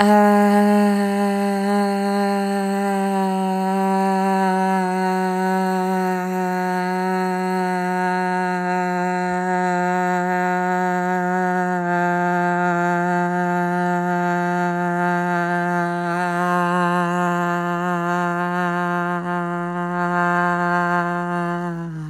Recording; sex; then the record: sustained vowel /a/; female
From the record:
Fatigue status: no fatigue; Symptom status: asymptomatic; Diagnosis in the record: COVID-19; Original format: m4a